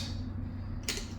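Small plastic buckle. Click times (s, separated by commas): 0.9 s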